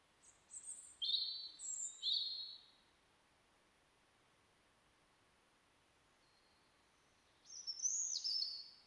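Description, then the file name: European robin giving short, piercing high whistled notes, then a long pause before a second high, tinkling phrase begins. "Erithacus rubecula"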